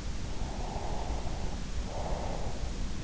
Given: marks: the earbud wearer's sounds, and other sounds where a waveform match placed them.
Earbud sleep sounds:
sounds in sleep by an in-ear microphone; breath
0.17-3.03 s: breath

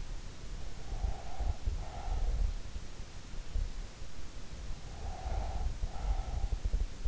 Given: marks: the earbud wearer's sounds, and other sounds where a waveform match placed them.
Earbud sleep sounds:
sounds in sleep by an in-ear microphone; breath
0.72-2.66 s: breath
5.05-7.08 s: breath

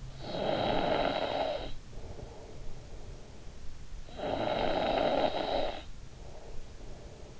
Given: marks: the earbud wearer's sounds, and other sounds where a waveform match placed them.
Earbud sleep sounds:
sounds in sleep by an in-ear microphone; snoring breath
0.03-2.80 s: snoring breath
3.97-7.40 s: snoring breath

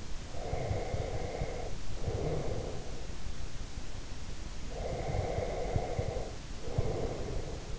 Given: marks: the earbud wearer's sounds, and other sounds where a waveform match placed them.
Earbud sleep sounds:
sounds in sleep by an in-ear microphone; breath
0.30-3.13 s: breath
4.60-7.79 s: breath

